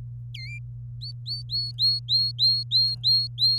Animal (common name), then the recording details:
Domestic Canary. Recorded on 24 April 2018 at 09:30. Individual llb3